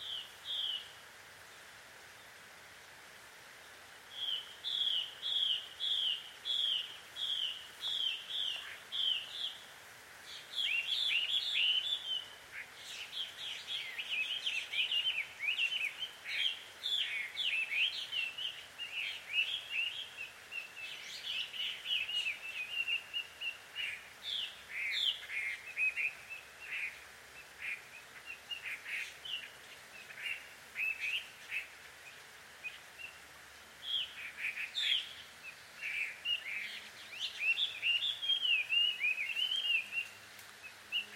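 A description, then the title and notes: Birds quarrel at dusk in a busy stream of chirps and trills, mostly in a bright middle-high range. After a quieter opening, rapid repeated notes begin near five seconds and the calling grows denser and overlapping from about ten seconds on, with soft steady hiss underneath. 鳥の夫婦喧嘩 – Birds Quarrel At Dusk. Recorded in Takao Japan.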